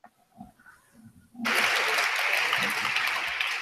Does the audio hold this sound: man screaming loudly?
no